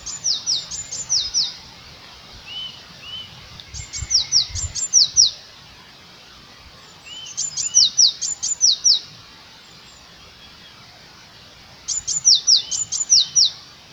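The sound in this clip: Eurasian blue tit repeating a high call phrase about every four seconds, thin ticks followed by a tumble of down-slurred whistles, with softer lower notes between.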